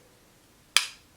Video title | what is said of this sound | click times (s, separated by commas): Baddie On A Budget Highend Perfumes for The Low Low feat. Dossier | the top is magnetic so whenever you put it on kind of just snaps into place | 0.8 s